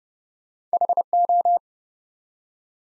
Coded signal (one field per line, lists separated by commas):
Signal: Morse code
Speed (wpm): 30 wpm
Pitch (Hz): 700 Hz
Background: none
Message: HO